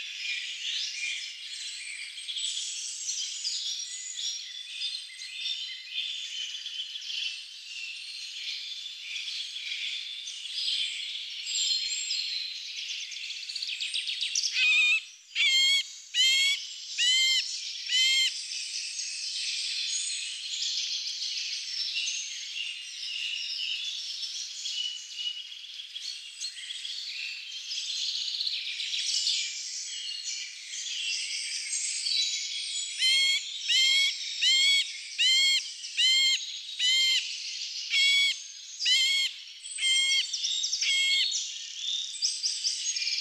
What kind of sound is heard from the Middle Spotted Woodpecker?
song